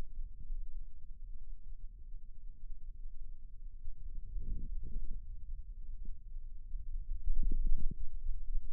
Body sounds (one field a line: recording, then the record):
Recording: forearm muscle sounds (acoustic myography)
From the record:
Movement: radial deviation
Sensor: system 2, bracelet of six BSWA MPA416 microphones around the upper forearm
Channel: 6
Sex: male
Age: 22 years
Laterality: right